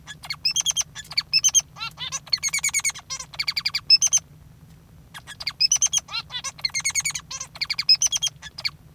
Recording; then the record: song of a male Bengalese finch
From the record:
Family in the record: father 3